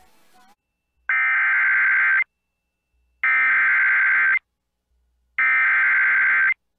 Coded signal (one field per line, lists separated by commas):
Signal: Emergency Alert System (SAME) tones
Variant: header bursts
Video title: EAS Timeline October Upper Midwest Storms NOAA Weather Radio (SVRs and a TOR) +WeatherSTAR4000